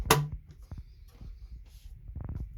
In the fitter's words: and you're going to push that up toward the ceiling until it clicks.